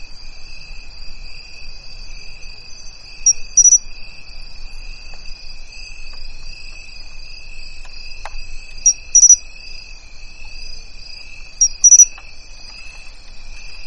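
Crickets chirr without pause in a dry bamboo grove, two high, thin, even trills holding steady throughout. Three times, near the fourth, ninth and twelfth seconds, a brighter, louder burst of chirps stands out, with a faint low rustle underneath.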